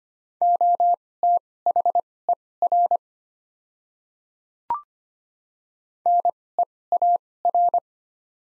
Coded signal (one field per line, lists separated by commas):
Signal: Morse code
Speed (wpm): 25 wpm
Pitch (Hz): 700 Hz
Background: none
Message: OTHER NEAR